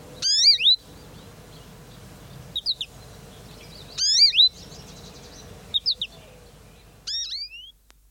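American goldfinch giving five short, bright phrases of sweeping, twisting high notes, separated by brief pauses.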